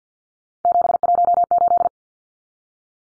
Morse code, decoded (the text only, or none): 718